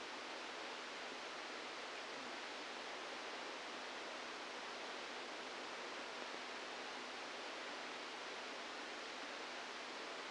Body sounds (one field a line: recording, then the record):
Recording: brain microelectrode recording played as sound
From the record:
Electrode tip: outside the subthalamic nucleus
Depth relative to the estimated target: 4 mm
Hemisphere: left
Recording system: NeuroSet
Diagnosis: Parkinson's disease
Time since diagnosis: 17 years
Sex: male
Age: 64 years